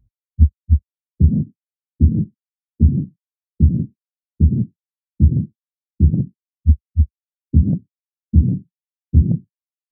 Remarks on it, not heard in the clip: So we still have S1 and S2, but they're just completely overwhelmed by the sound of the turbulence from the aortic stenosis. So the ventricle is pushing against the stenotic valve and you get this classic crescendo, decrescendo appearance. Pay careful attention to the overwhelming sound of the stenotic valve. You won't really hear S1 and S2.